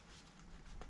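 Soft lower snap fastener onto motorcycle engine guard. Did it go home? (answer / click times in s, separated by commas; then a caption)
yes / 0.8 s. A hidden snap fastener on a fabric soft lower is pressed blindly onto the crash guard of a 2018 Sport Glide FLSB motorcycle, felt for by touch because nothing on the front side shows where the snap is. Faint rustling and handling noise gives way to a short, faint snap at 0.8 s as the fastener clicks home and seats.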